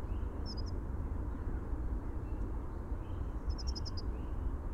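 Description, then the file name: Dunnock giving a short high double note, then about three seconds later a fast run of thin, tinkling notes, over a low, steady rumble. "Prunella modularis - Dunnock"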